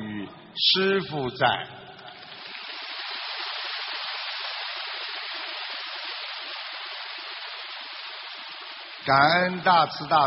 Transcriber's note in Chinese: 掌声